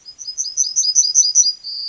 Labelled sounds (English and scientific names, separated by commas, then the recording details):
Yellowhammer (Emberiza citrinella) song
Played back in forest
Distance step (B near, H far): B
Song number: 106